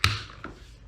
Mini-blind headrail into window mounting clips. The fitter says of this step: basically they just snap into place and that's